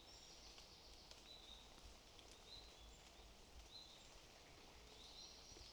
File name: Poecile palustris